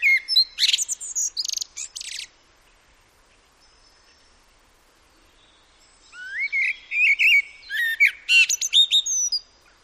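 Common blackbird song: two bursts of fluty low warbling mixed with high squeaky twitters, separated by a few seconds of near silence.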